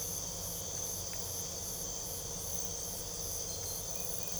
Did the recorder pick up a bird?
no